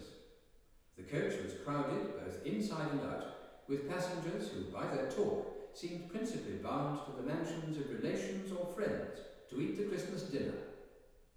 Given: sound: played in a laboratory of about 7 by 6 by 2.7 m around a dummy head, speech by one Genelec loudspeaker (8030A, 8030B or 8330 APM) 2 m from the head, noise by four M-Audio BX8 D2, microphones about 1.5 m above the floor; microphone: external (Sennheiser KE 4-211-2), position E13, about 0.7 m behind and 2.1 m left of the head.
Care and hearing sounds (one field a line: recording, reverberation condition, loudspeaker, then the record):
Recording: male speech in English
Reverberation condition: high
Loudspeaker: 30 degrees to the right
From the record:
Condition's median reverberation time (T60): about 1300 ms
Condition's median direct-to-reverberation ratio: about -4.0 dB